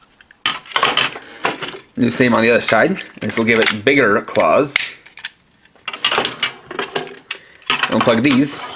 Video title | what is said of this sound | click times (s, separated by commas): DX X-Dragon & DX Gaia Leon Double-Review (Tomica Hero Rescue Fire) | So know that it's in place and hear it properly click in, like that. | 0.5 s